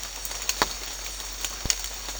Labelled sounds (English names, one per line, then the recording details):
none
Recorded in secondary vegetation near Puerto Asís, Putumayo, Colombia, on 12 March 2025 at 09:00
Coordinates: 0.499, -76.323
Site G094